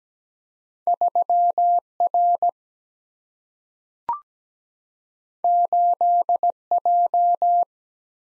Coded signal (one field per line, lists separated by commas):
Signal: Morse code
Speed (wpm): 17 wpm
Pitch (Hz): 700 Hz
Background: none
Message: 3 R 8 J